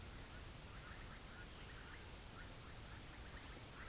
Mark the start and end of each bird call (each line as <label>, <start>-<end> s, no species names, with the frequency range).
bird call (1.1-2.7 kHz), 0.69-3.88 s